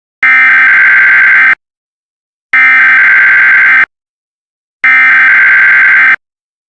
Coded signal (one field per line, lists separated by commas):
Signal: Emergency Alert System (SAME) tones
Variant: header bursts